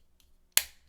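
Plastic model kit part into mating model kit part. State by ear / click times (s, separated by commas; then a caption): seated / 0.6 s. Two plastic Gunpla model kit parts, specifically a Gundam Harute HG, are pressed together until they snap into place. After a faint tick at 0.2 s, a sharp, bright snap lands at 0.6 s and fades quickly. The parts seat with a satisfying snap.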